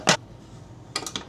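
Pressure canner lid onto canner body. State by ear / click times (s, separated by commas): not seated / none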